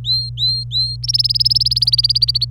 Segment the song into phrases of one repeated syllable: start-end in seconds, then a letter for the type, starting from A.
0.00-0.96 A, 1.03-2.45 B